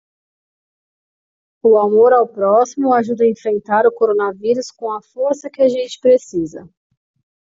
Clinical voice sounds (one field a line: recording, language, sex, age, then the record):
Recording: spoken sentence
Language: Brazilian Portuguese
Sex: female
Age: 30 to 39 years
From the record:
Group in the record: control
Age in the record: 33 years